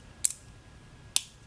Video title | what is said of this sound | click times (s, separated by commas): Kre-O Optimus Prime Part 1 | there you go his hand locked on there | 1.2 s